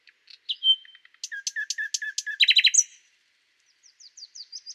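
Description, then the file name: Common nightingale song: a whistled note, then a run of loud repeated chirps rising to a fast burst, followed by soft high twitters. "Luscinia megarhynchos"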